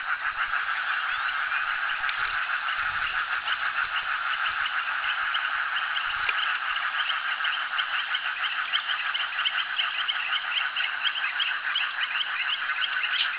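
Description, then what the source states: Frogs in a thick continuous chorus of fast pulsed croaks, with a few faint low thumps. Frogs calling at a jetty.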